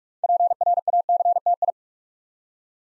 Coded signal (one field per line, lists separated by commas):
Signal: Morse code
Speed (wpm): 44 wpm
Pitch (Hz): 700 Hz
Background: none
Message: PRACTI